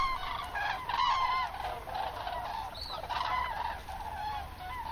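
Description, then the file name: Common cranes calling in a group, overlapping honking trumpets with one higher note partway through. "grus grus"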